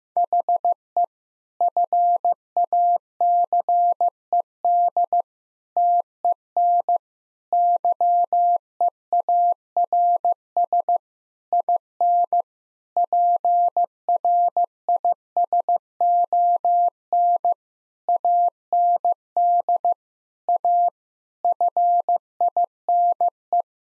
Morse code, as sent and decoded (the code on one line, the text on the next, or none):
.... . / ..-. .- -.-. . -.. / - . -. / -.-- . .- .-. ... / .. -. / .--. .-. .. ... --- -. / .- -. -.. / .- / ..-. .. -. .
HE FACED TEN YEARS IN PRISON AND A FINE